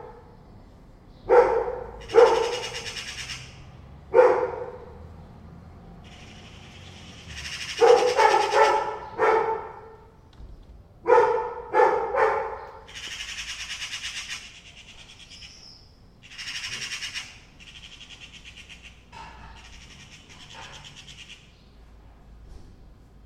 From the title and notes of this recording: Two cats meowing each other and two magpies and a dog concern about them. 2 cats, 2 magpies and a dog.